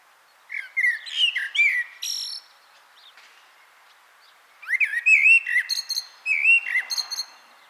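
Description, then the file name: Common blackbird with two warbling phrases separated by a pause: rich, low whistles topped by high, thin, tinkling notes. "Turdus merula"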